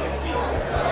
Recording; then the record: background sound without coughing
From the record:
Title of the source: CITY SOUNDS Busy Bar in the Evening Night - 2 HOURS of Ambiance for Relaxation